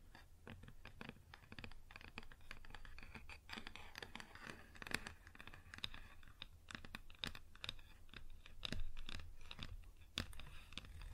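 Fingers tap and scratch across a wooden surface in a busy, uneven stream of short clicks and knocks, several per second throughout. Between taps, a dry rasp of scratching fills the gaps, brighter and denser around the middle, while a low steady hum runs underneath.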